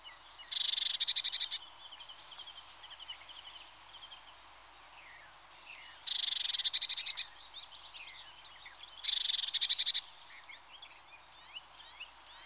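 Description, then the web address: Eurasian blue tit: three harsh, buzzy churring bursts about a second long, each breaking into rapid pulses, spaced several seconds apart, with faint twittering between. "The BBC Sound Effects Library. Blue TIT (Parus Caeruleus)"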